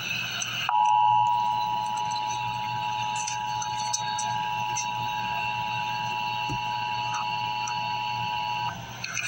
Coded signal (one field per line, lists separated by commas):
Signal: Emergency Alert System (SAME) tones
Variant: 853 and 960 Hz attention tone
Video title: Emergency Alert System - Emergency Action Notification - Apr 8, 2024 at 11:44 AM EDT